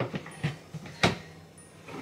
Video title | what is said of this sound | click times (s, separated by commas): On emballe tout ! + Unboxing Litter Robot IV (MiniVlogMas 23 - 2023) - #157 | ça se clipse dessus tout simplement et après vous pouvez le lever ou | 1.0 s